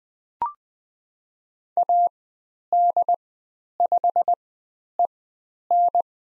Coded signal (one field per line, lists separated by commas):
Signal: Morse code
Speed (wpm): 20 wpm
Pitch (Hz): 700 Hz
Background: none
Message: AD5EN